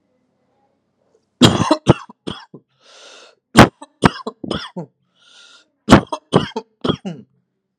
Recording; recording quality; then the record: heavy voluntary cough; excellent, no background noise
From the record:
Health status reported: healthy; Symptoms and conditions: diabetes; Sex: male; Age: 36 years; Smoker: not ticked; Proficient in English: yes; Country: India